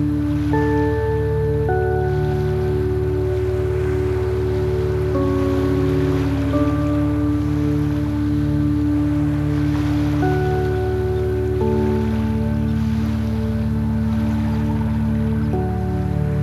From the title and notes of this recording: Soft Chimes and Waves.